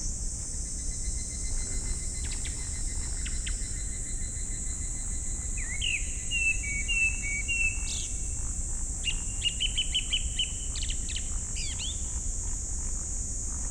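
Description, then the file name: Japanese thrush song: clear whistled phrases around mid-high pitch, some sliding notes followed by quick trilled flourishes, over a steady high insect hiss and low background rumble. Recorded 19 July 2015, 19:19. "150719-191913 kurotugumi"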